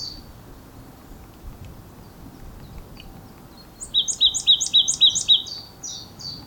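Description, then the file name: Marsh tit calling: a few thin high notes early, then after a quiet gap a quick burst of sharp, doubled chirps, each pair falling, delivered in a steady rattling series. "Poecile palustris"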